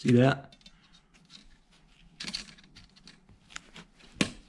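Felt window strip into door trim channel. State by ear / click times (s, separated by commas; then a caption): seated / 4.2 s. Someone talks briefly at the start, then a ground-down felt window strip on a 1955–1957 Chevy flipper is pressed again into the metal door trim channel, with soft handling and rubbing sounds. The back side of the strip was ground down with a Roloc disc so it would tuck in. The strip snaps into place with a sharp click at 4.2 s and is seated.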